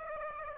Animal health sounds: mosquito wingbeat signal from an infrared sensor; Aedes aegypti

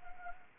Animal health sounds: mosquito wingbeat signal from an infrared sensor; Anopheles arabiensis

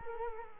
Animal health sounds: mosquito wingbeat signal from an infrared sensor; Culex quinquefasciatus

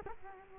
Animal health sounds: mosquito wingbeat signal from an infrared sensor; Culex quinquefasciatus

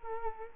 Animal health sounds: mosquito wingbeat signal from an infrared sensor; Culex quinquefasciatus

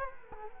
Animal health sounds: mosquito wingbeat signal from an infrared sensor; Culex quinquefasciatus

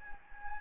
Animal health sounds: mosquito wingbeat signal from an infrared sensor; Anopheles gambiae

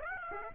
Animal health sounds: mosquito wingbeat signal from an infrared sensor; Aedes aegypti

